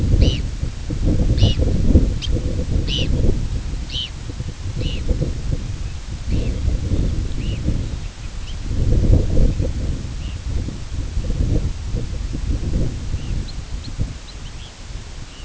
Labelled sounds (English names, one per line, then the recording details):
Red Phalarope
unidentified sound
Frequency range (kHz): Red Phalarope 1.6-7.2 kHz
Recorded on Arctic tundra, site IGLO-A, on 16 June 2018
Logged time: 13:59